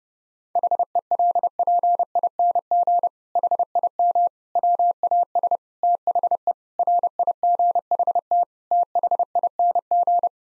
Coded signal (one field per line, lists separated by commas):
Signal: Morse code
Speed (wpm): 30 wpm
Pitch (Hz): 700 Hz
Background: none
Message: HELPING HIM WAS THE RIGHT THING